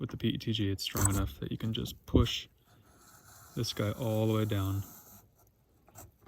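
Someone talks while a 3D-printed PETG replacement clip for the sunroof wind deflector on a Saab 9-5 is hooked into the roof channel and pushed down. Only faint, brief ticks are heard near 6.0 s and 6.3 s. The clip has not clicked or seated into the channel yet.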